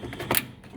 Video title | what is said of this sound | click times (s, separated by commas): Guillotine XPC19 PRO - Replace Cut Button | it's snapped and you can | 0.4 s